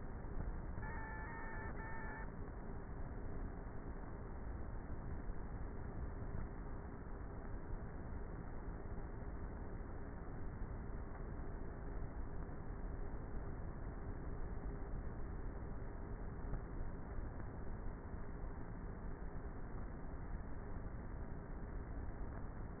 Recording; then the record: honeybee colony, microphone inside the hive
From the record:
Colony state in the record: queenless with a low population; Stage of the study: before two queens were removed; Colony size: about 30,000 bees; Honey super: no